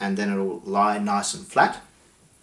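Someone talks while a second SO-DIMM memory module is being handled over the first in the memory slot of an Intel Skull Canyon mini PC, to be pressed down flat until its metal side clips catch so it won't spring up and touch the metal of the case. The talking stops around 1.8 s and the rest is quiet. Nothing has seated or clicked yet.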